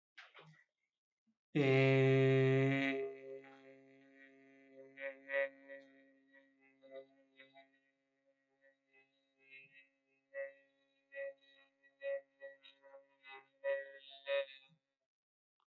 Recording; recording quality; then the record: sustained vowel as in made; excellent, no background noise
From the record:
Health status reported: healthy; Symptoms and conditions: none ticked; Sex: male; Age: 30 years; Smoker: not ticked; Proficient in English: yes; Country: India